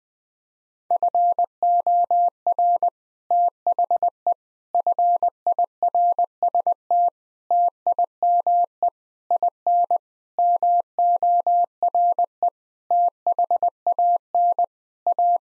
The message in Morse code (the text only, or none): FOR THE FIRST TIME IN MORE THAN A